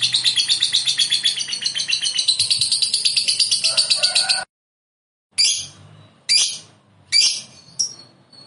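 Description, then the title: Lovebird giving a rapid high chattering trill for several seconds, then silence, followed by several separate harsh chirp bursts. "Suara Lovebird"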